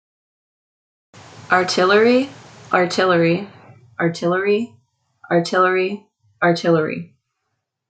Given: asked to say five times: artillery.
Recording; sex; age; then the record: repeated word; female; 20 to 29 years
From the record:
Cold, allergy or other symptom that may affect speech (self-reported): no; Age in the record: 28 years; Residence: Texas, United States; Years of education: 12